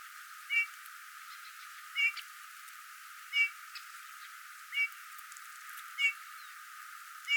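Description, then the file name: Eurasian bullfinch calls: short, mellow whistled notes repeated six times at intervals of roughly one to one and a half seconds, with faint hiss between. "Pyrrhula pyrrhula"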